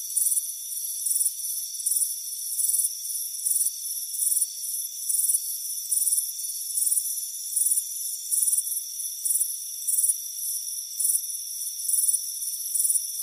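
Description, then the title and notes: Steady cricket chirping, rapid pulsed trills repeating at a brisk regular pace throughout, with a high steady ringing beneath. Crickets chirping on a warm afternoon on a front porch. "Soothing Crickets Chirping Sound. It's a warm afternoon as you relax in a hammock on the front porch. Relax and fall asleep to the soothing sound of chirping crickets. Deep Sleep Sounds"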